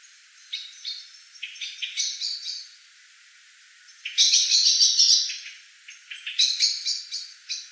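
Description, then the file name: Common blackbird calling with clipped chinking notes, then after a pause a loud, rattling chatter burst, followed by further rapid clicking calls. "Turdus merula"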